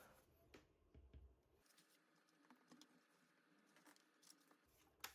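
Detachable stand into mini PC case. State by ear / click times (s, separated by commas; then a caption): seated / 5.0 s. The removable stand of an ROG NUC (2026) mini PC is set upright with its pointed corner facing back, then pushed into place on the case. Soft handling taps and rustles come at about 0.5, 2.8 and 4.3 s, and a sharp, louder click at 5.0 s marks the stand seating securely.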